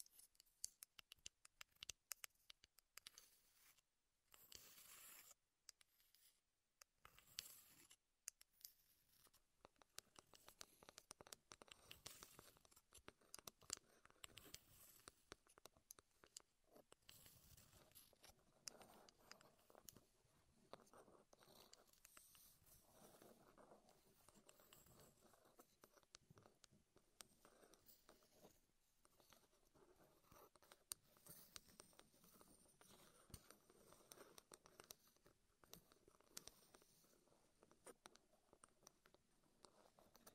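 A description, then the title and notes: Wooden tapping and scratching triggers fill the recording, a dense run of short clicks and taps with quick scraping strokes. The first ten seconds are choppy, with bursts broken by brief silences. After that the tapping settles into a steadier, busier flow that keeps going to the end. ASMR Wood Triggers in Your Ears (No Talking).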